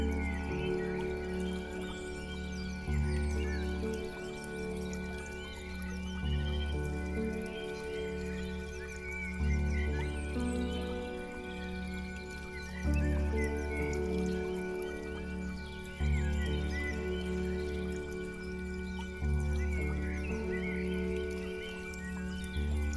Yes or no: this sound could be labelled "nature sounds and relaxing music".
yes